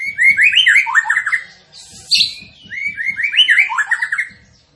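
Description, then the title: Zebra finch song: a rapid warbled phrase of rising and falling notes, a sharp high note, then the warbled phrase repeated. Training recording for cage birds; the bird is described as gacor, singing prolifically. "Masteran Burung Tembakan Gacor"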